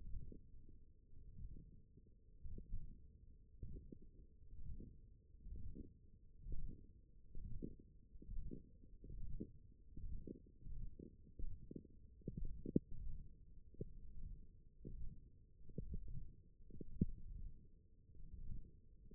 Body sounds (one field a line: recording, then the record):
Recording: forearm muscle sounds (acoustic myography)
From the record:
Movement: wrist flexion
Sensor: system 1, eight BSWA MPA416 microphones around the upper forearm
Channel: 4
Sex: male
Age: 21 years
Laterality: right